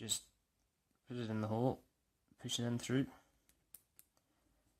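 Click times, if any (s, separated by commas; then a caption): 3.8 s. Someone talks while the 5 V wire's crimped pin is pushed through the hole of a small plastic plug. The pin's metal tab clicks back into place at about 3.8 seconds, seating the pin and locking it in the housing.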